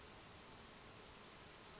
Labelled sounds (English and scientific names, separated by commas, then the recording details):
Brown Creeper (Certhia americana)
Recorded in Sonoma County, California